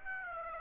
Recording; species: mosquito wingbeat signal from an infrared sensor; Aedes aegypti